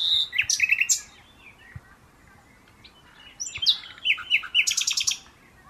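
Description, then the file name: Common nightingale song: rich bursts of rattling trills and sharp chirps, a pause of two seconds, then a faster series of repeated clicking notes. "Luscinia megarhynchos"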